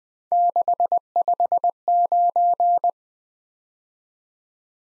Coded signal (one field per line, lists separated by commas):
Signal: Morse code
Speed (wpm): 24 wpm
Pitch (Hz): 700 Hz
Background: none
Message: 659